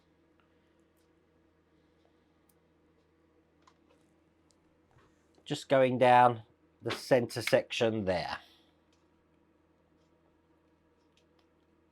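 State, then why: Not seated. A small screw is being driven into the centre section of a plastic Spider-Man Iron Spider model mask, where it will fix the part over the magnets. Faint, sparse ticks of handling are heard, and someone talks briefly in the middle of the clip. The screw is not yet fully home, and nothing has seated or clicked yet.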